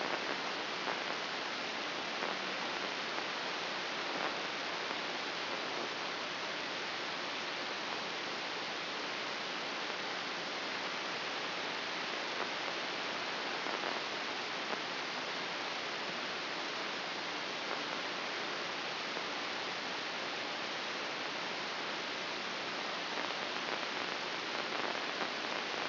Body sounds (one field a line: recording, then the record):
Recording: brain microelectrode recording played as sound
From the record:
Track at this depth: outside the subthalamic nucleus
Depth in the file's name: 4.024 mm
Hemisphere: left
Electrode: 3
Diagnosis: Parkinson's disease